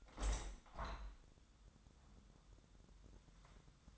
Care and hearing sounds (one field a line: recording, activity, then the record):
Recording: daily activity, microphone in the room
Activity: open window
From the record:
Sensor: 3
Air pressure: 1006.4 hPa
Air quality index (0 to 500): 195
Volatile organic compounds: 15 ppm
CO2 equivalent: 2485 ppm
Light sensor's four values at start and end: 10/23/9/9 and 10/24/10/10